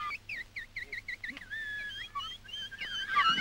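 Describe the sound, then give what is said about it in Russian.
Scouts in training mimic bird and animal calls: a quick run of seven high chirping whistles, then longer warbling, gliding whistles that grow louder and busier toward the end. “Разведчики тренируются, изображая звуки птиц и животных.”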